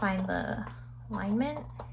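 Metal binder rings are being fitted into a leather planner held upside down, with a page lined up on the open rings, while someone talks. Faint handling sounds sit under the voice. Nothing has clicked or seated yet; the rings are not yet snapped shut.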